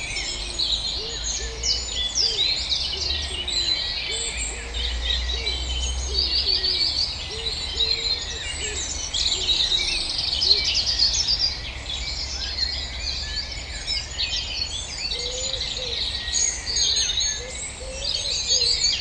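A dense dawn chorus of many birds singing at once, with bright overlapping chirps and trills running steadily through the whole stretch. Lower, softer calls repeat every second or so underneath, and a faint low rumble sits beneath it all, swelling briefly early on.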